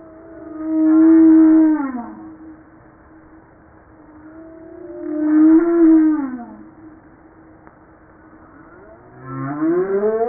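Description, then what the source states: Humpback whale song: two long level moans, each ending in a downward slide, then a rising upsweep. Recorded on 5 March 1994.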